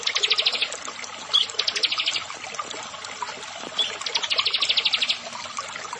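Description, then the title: Bar-winged prinia song: three dry, high-pitched ticking trills, each about a second or shorter, with a few brighter single chirps between them over background noise. "Ciblek Sawah"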